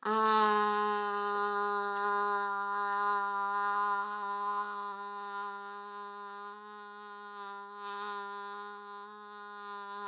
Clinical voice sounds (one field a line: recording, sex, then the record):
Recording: sustained vowel /a/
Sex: female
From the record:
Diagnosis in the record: healthy control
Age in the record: 61 years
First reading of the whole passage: 67 s, 7.7 characters per second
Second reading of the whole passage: 54 s, 9.6 characters per second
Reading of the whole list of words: 44 s, 6.4 characters per second